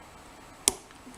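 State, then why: Seated. A tension wrench and pick work pin 1 of a Corbin Euro pin-tumbler lock cylinder. A single sharp, bright click at 0.7 s stands out against quiet background hiss. The key pin sets at the shear line.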